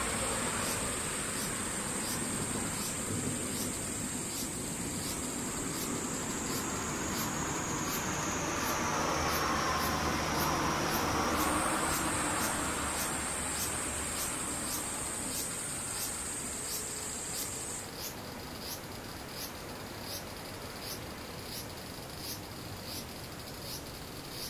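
Cicadas keep up a high, steady whine for the whole clip, with regular quick ticks running through it. One shrill tone drops out near nine seconds and returns from about eleven to eighteen. A low rushing rumble, like passing traffic, swells toward the middle.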